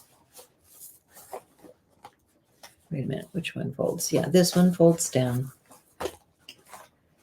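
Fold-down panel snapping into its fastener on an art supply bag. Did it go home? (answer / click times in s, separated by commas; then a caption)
yes / 6.0 s. An art supply bag is flipped open and an inner fold-down panel is folded down and snapped into its fastener. Someone talks, with soft handling rustles and taps around it. The panel snaps into place with a sharp click at 6.0 s.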